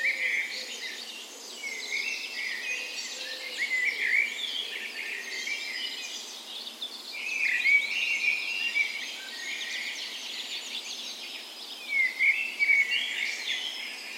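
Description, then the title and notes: Birds singing in a dawn chorus, busy overlapping twitters and whistles, some louder phrases standing out near the end. Recorded in a park west in Bergen, Norway, on the morning of 17 May, Norway's National Day, in spring; Sony PCM A10 recorder with LOM Usi microphones as tree ears. "17th Of May Dawn Chorus. Recorded on the morning of Norways National Day the 17th of May in a park west in Bergen. Spring is in full effect, and the dawn chorus sounds wonderful!"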